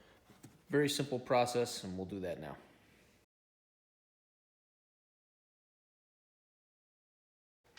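Someone talks while handling a small plastic bolt cover clip meant to be pressed over the bumper mounting bolts on the outer left and right sides of a 1991-2001 Acura NSX bumper. The talk is followed by a long silence and a brief faint sound at the very end. The clip has not snapped in or seated yet.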